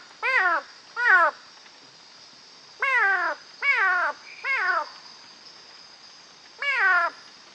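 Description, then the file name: Knudsen's thin-toed frog: six short, falling, harmonic whoops in loose clusters, against a steady insect drone high in pitch. "Leptodactylus knudseni CM PG"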